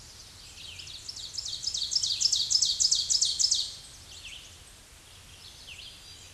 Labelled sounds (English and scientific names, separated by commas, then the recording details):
Ovenbird (Seiurus aurocapilla) song
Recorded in a Pennsylvania forest on 16 May 2024 at 07:59
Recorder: AudioMoth, point MSD-2376
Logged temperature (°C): 16.7 °C
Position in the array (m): 149 m, 2 m